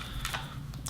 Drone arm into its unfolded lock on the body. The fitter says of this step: there you go we have them click in place up